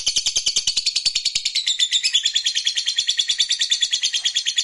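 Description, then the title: Lovebird chatter: a continuous, very fast, shrill pulsing trill. "Suara Lovebird"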